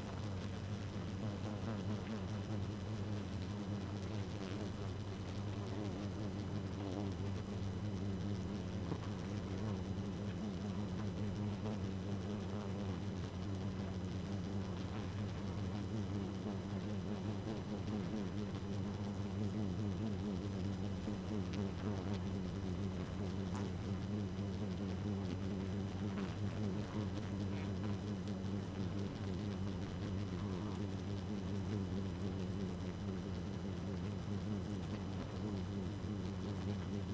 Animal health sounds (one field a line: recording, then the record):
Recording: honeybee colony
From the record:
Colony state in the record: active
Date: 12 June 2018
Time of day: 2:19